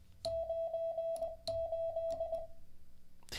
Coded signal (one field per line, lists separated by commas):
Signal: Morse code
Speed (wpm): 20 wpm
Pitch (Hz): 660 Hz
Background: none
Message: 98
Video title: How to Learn Morse Code LIVE with N0SSC (Day 28)